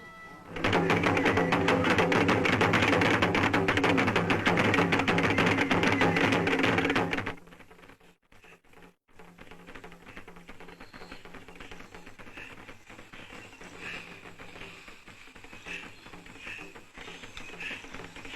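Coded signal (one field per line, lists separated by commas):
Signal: talking drum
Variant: Akan talking drums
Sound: fast loud drumming with low booming strokes for several seconds, then fades to background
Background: outdoor crowd ambience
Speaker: this is the message that they're beating out on the talking drums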